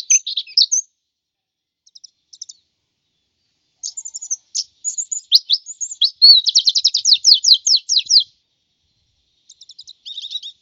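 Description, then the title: White-eye song of scattered high twitters building into a dense, fast trill of sharp notes, then faint soft chips. "Suara burung pleci"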